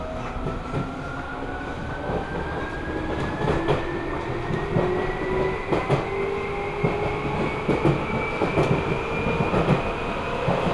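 A Seibu Ikebukuro Line local train runs along, its steady low rumble filling the whole clip. A whining motor tone rises slowly in pitch throughout, as the train gathers speed. Frequent clicks and rattles from the wheels and car recur every second or so.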